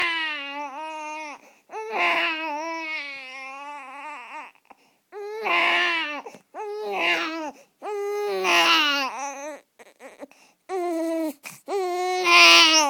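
An infant crying in repeated wailing bursts, each one to two seconds long, with short gasping pauses between them. The cry is high-pitched and tonal, with a wavering, strained quality and louder peaks toward the end. Ordinary infant distress crying.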